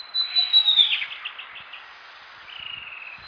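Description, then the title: Bird song opening with a loud falling whistle, followed by quick repeated notes and a later soft trilled phrase. "LuckyPassaro Completos2Sama"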